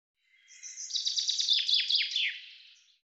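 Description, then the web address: Common chaffinch song: a single rapid phrase of descending notes lasting about two and a half seconds, with no other sounds. "Deverinetal 2025 File cleaned normalized Bird Fr Co"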